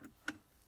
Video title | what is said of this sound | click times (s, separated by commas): Tesla Model 3 Carbon Fiber Center Console! | to the left and then push it to the right hear it snap in and now we | 0.3 s